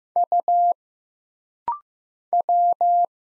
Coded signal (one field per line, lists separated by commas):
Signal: Morse code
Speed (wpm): 15 wpm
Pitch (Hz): 700 Hz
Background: none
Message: U W